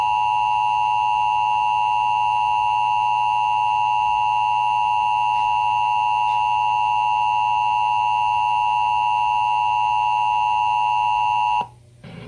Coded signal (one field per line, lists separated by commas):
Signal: Emergency Alert System (SAME) tones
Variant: 853 and 960 Hz attention tone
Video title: Emergency Alert System: Required Monthly Test #3